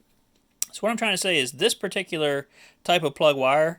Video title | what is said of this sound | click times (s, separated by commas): Parts Corner Ep 1: Differences in Vanagon waterboxer spark plug wires, caps and coils. | pin and so when you push it in again you'll feel it click on there if it's in there properly so | 0.6 s